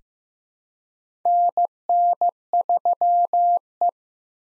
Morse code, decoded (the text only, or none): NN3E